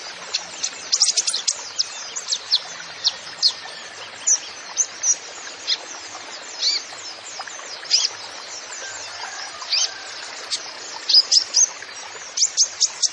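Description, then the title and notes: Kolibri ninja song: high chirps come in bursts at the start and end, with spaced single notes and longer gaps in the middle. Masteran training recording for songbirds, song full of isian (fill-in phrases) and tembakan (rapid shot notes), bird described as gacor (singing vigorously), meant as pancingan to lure other birds into singing. "MASTERAN KOLIBRI NINJA TERBAIK FULL ISIAN DAN TEMBAKAN MEWAH COCOK BUAT PANCINGAN. Suara Burung Kolibri Ninja Gacor"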